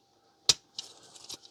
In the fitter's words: And they click into place.